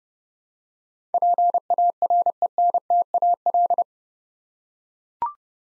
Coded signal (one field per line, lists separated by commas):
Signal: Morse code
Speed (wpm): 30 wpm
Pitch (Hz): 700 Hz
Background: none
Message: PARENTAL